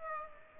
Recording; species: mosquito wingbeat signal from an infrared sensor; Aedes aegypti